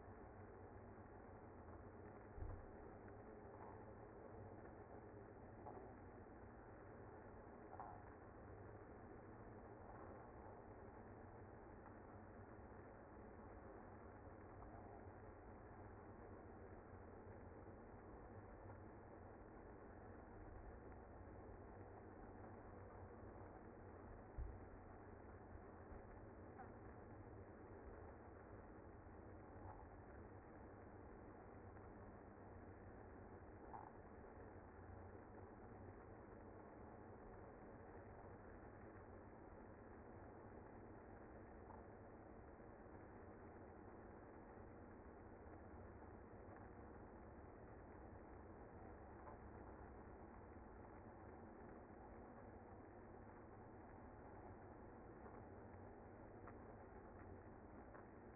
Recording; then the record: honeybee colony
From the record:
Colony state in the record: active